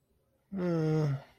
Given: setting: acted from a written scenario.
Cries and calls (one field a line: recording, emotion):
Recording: vocal sound without words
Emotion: sympathy